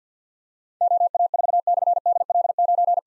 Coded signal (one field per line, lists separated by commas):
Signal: Morse code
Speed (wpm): 52 wpm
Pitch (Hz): 700 Hz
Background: none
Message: OA4/DL9